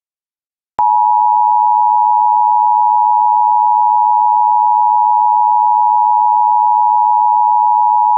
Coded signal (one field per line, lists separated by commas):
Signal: Emergency Alert System (SAME) tones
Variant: 853 and 960 Hz attention tone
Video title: EAS Blue Alert Merridian, Mississippi Statewide Alert (Dangerous Suspect) Civil Emergency Message